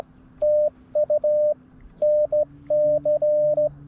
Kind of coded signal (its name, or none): Morse code